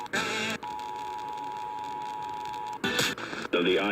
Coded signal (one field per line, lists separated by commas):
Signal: Emergency Alert System (SAME) tones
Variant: 853 and 960 Hz attention tone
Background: speech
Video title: Iowa EAS Required Monthly Tests (April 3, 2019)